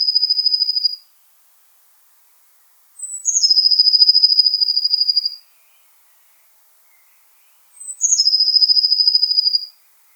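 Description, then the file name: Eurasian blue tit singing: a high piercing note slides down into a rapid, even trill lasting over a second, repeated twice after a trailing trill, silence between. "Cyanistes caeruleus"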